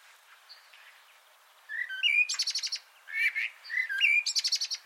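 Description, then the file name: Eurasian blackbird song: two short mellow warbled phrases, each ending in a fast, buzzy, high twittering flourish. "Turdus merula"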